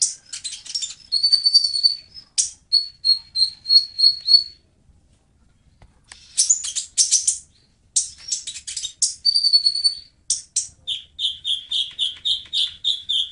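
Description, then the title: Oriental magpie-robin singing bright whistled and scratchy phrases, a short silent pause, more phrases, then fast repeated whistled notes to the end. "Kicau Kacer"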